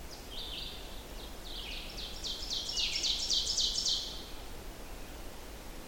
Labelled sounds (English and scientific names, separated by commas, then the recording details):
Ovenbird (Seiurus aurocapilla) song
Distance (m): 30 m
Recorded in boreal forest in Alberta, Canada, on 14 June 2016 at 07:14
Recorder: SongMeter 3, array SBT-3-33
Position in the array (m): 100 m, 139 m
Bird 21